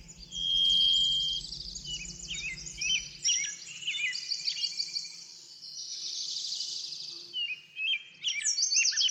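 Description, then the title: Birdsong, a long steady whistle then tumbling chirps and slurred notes from several birds, over a low rumbling background early on. Backyard bird sounds. "Backyard Birds - Ambient Nature Bird Sounds"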